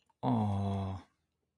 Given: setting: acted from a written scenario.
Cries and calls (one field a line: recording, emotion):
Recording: vocal sound without words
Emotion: adoration